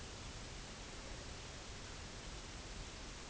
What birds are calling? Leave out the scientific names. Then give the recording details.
none. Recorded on Arctic tundra, site UTQI-0, on 16 June 2019. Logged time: 12:00